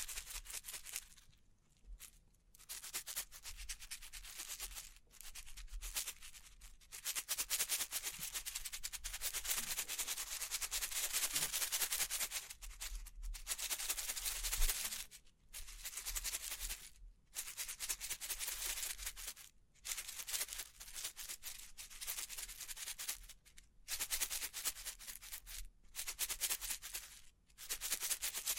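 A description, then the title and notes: Bling bling triggers: dense, hissy scratching and rubbing that fills the high end, coming in bursts of a second or several seconds. Brief silent breaks cut in throughout, every second or two near the start and end. A faint low thump sounds underneath now and then. Bling Bling Triggers.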